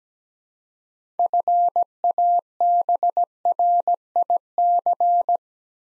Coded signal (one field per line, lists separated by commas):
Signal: Morse code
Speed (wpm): 17 wpm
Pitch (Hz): 700 Hz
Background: none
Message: FABRIC